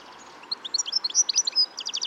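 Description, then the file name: European goldfinch giving a quick run of liquid, tinkling chirps, ending in a short rapid series of notes. "Carduelis carduelis"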